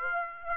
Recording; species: mosquito wingbeat signal from an infrared sensor; Aedes aegypti